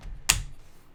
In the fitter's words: you've really got to give it a forceful simp semi forceful push and then hear a snap so